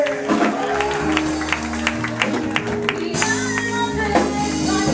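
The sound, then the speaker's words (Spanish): An audience applauds Christ after a prayer, with steady, dense clapping over sustained music with a deep bass line and held keyboard tones, the applause continuing evenly throughout. “¿Cuánto le da un aplauso a Cristo en esta hora? Un aplauso fuerte al Dios del cielo.”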